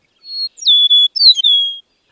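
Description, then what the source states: Eastern Meadowlark song: a sweet series of clear, slurred whistles that glide downward, lasting about one and a half seconds. Heard at dawn in spring on American tallgrass prairie; described as a sweet voice.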